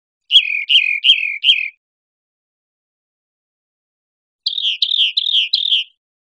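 Rock wren song: two phrases, each a quick series of four to five buzzy, downslurred notes, the first lower, the second higher, separated by a few seconds of silence.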